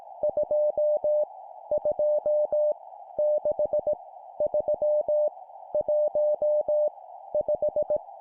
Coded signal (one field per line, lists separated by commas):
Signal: Morse code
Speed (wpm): 18 wpm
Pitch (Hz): 600 Hz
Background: none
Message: 2 2 6 3 1 5